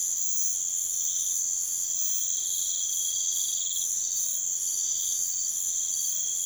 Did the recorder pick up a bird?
no